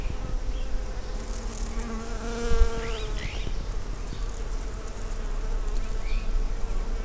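Bee buzzing as a faint harmonic hum midway over a constant low rumble, with brief rising chirps midway and near the end.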